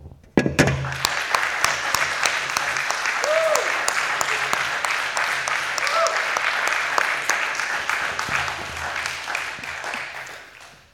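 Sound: audience clapping hands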